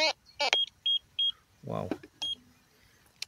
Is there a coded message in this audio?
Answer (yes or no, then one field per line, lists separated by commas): no